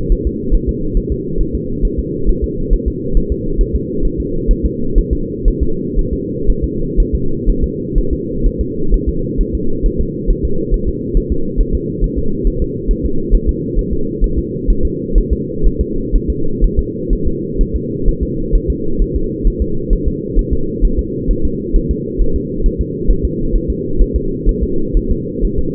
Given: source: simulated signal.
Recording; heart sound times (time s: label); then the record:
fetal heart sounds
0.12 s: S1
0.27 s: S2
0.55 s: S1
0.69 s: S2
0.97 s: S1
1.12 s: S2
1.41 s: S1
1.55 s: S2
1.85 s: S1
2.00 s: S2
2.29 s: S1
2.44 s: S2
2.73 s: S1
2.88 s: S2
3.17 s: S1
3.32 s: S2
3.61 s: S1
3.75 s: S2
4.05 s: S1
4.20 s: S2
4.51 s: S1
4.66 s: S2
4.98 s: S1
5.13 s: S2
5.48 s: S1
5.63 s: S2
5.99 s: S1
6.13 s: S2
6.50 s: S1
6.64 s: S2
7.00 s: S1
7.15 s: S2
7.50 s: S1
7.64 s: S2
7.98 s: S1
8.13 s: S2
8.47 s: S1
8.61 s: S2
8.94 s: S1
9.09 s: S2
9.41 s: S1
9.55 s: S2
9.86 s: S1
10.01 s: S2
10.30 s: S1
10.45 s: S2
10.74 s: S1
10.89 s: S2
11.17 s: S1
11.32 s: S2
11.60 s: S1
11.75 s: S2
12.04 s: S1
12.19 s: S2
12.47 s: S1
12.62 s: S2
12.91 s: S1
13.06 s: S2
13.35 s: S1
13.49 s: S2
13.79 s: S1
13.93 s: S2
14.24 s: S1
14.39 s: S2
14.70 s: S1
14.85 s: S2
15.18 s: S1
15.33 s: S2
15.67 s: S1
15.81 s: S2
16.16 s: S1
16.30 s: S2
16.64 s: S1
16.79 s: S2
17.13 s: S1
17.28 s: S2
17.61 s: S1
17.76 s: S2
18.08 s: S1
18.23 s: S2
18.55 s: S1
18.70 s: S2
19.02 s: S1
19.16 s: S2
19.47 s: S1
19.62 s: S2
19.93 s: S1
20.08 s: S2
20.39 s: S1
20.53 s: S2
20.85 s: S1
20.99 s: S2
21.31 s: S1
21.45 s: S2
21.76 s: S1
21.91 s: S2
22.22 s: S1
22.36 s: S2
22.66 s: S1
22.81 s: S2
23.11 s: S1
23.25 s: S2
23.56 s: S1
23.70 s: S2
24.02 s: S1
24.16 s: S2
24.49 s: S1
24.63 s: S2
24.97 s: S1
25.11 s: S2
25.45 s: S1
25.59 s: S2
From the record:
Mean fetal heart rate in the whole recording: 130 bpm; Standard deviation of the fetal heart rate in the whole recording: 4 bpm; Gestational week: 38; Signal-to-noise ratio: -8.1 dB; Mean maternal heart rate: 72 bpm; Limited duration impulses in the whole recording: absent